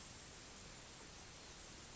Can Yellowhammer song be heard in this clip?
no